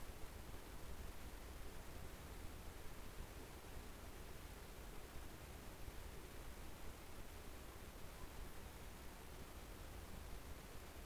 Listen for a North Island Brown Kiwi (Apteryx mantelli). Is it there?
no